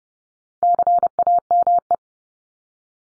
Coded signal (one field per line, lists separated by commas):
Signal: Morse code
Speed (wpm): 30 wpm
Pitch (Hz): 700 Hz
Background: none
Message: CAME